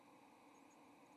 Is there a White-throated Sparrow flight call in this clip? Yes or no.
no